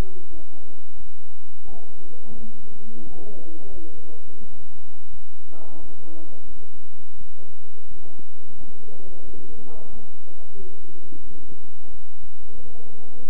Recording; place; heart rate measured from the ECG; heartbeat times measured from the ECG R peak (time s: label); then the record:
heart sounds by stethoscope; between the tricuspid and mitral areas; 88 bpm
0.31 s: heartbeat
0.97 s: heartbeat
1.65 s: heartbeat
2.35 s: heartbeat
3.03 s: heartbeat
3.71 s: heartbeat
4.40 s: heartbeat
5.10 s: heartbeat
5.80 s: heartbeat
6.47 s: heartbeat
7.18 s: heartbeat
7.88 s: heartbeat
8.58 s: heartbeat
9.24 s: heartbeat
9.90 s: heartbeat
10.57 s: heartbeat
11.23 s: heartbeat
11.91 s: heartbeat
12.55 s: heartbeat
13.23 s: heartbeat
From the record:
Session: bicycle stress test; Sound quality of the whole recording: good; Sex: male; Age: 23 years